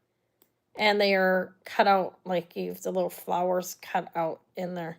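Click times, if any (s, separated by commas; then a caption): 0.4 s. A small sterling silver hoop earring with cut-out flowers has its hinged hoop post snapped into the catch at the top. A short, sharp, faint click at 0.4 s marks it seating and locking shut. Then someone talks.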